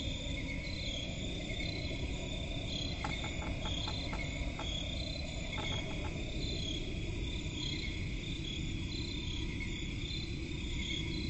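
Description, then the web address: Crickets trill steadily in high layers; two brief runs of sharp ticking clicks sound midway, all over a deep continuous rumble. Crickets in a forest at night; presented as relaxing ambience. "Forest and crickets at night. صدای-آرامبخش-جنگل-و-جیرجیرک"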